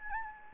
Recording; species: mosquito wingbeat signal from an infrared sensor; Anopheles gambiae